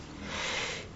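sneeze

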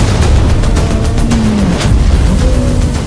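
cannon fire explosions

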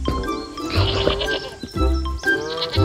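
sheep bleating

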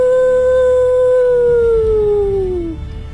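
wolf howling

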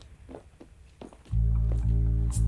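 footsteps walking

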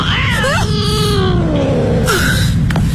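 cat meowing

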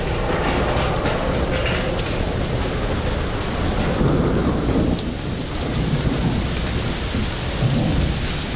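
thunderstorm with rain

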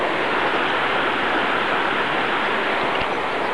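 flowing river water

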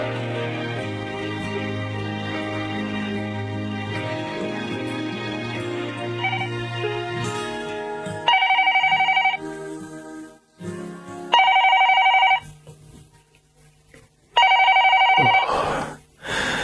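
telephone ringing repeatedly

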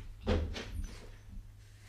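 door closing

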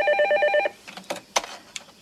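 telephone ringing

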